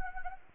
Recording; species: mosquito wingbeat signal from an infrared sensor; Anopheles arabiensis